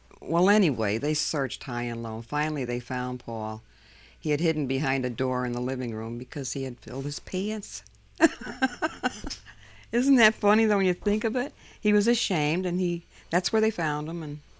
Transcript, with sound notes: Well, anyway, they searched high and low, and finally they found Paul. He had hidden behind a door in the living room because he had filled his pants. ( she laughs ) Isn't that funny, though, when you think of it? He was ashamed, and that's where they found him.